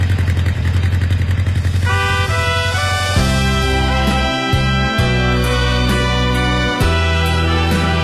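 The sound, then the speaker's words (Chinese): A motorcycle engine, just started up, runs steadily with a low, throbbing idle rumble, rising into a louder, more layered roar partway through, with a few brief revving surges and clatter, no talking. “你们听，这声音真好听。摩托车回家了，他心里也高兴啊。”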